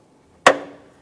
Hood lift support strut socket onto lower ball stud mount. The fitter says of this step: listen for a click give it a tug to make sure it's secure